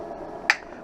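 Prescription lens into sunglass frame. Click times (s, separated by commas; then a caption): 0.5 s. A freshly cut polarized progressive prescription lens, gray with a blue mirror, is tucked into the outside corner of a rubber-coated Ray-Ban 2132 sunglass frame and pushed down with the thumbs. A single sharp, bright snap sounds at 0.5 s over a quiet background, and the lens is seated in the frame.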